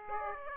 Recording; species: mosquito wingbeat signal from an infrared sensor; Aedes aegypti